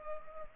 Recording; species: mosquito wingbeat signal from an infrared sensor; Culex pipiens